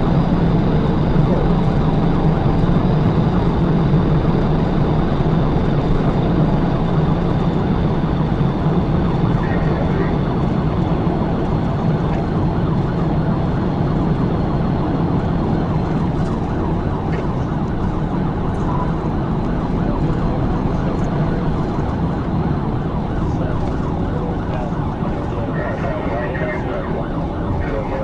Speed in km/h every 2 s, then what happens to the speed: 185, 185, 180, 171, 167, 163, 161, 151, 148, 153, 153, 135, 129, 124.
0-15 slows to 148. 15-20 steady at about 153. 20-28 brakes to 124.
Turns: none.